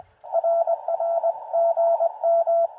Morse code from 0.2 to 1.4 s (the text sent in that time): RR